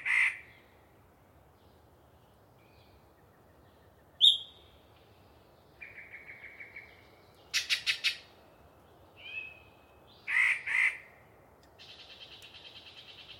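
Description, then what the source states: Yellow-breasted chat song, made of separated phrases: clucks, a sharp whistle, a dry rattle, loud harsh chatters, a gurgled note and a buzzy trill. Particularly chatty bird giving a long pre-dawn soliloquy in deciduous cover.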